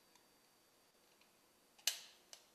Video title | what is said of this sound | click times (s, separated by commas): CZ 75 Mag Well | And let that pop into place like that. | 1.9 s